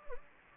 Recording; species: mosquito wingbeat signal from an infrared sensor; Anopheles gambiae